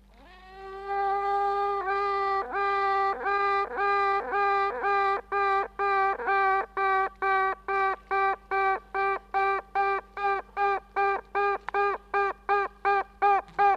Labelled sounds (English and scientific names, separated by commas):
Honey Bee (Apis mellifera)